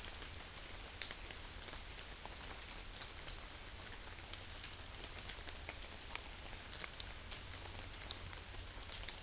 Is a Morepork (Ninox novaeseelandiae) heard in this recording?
no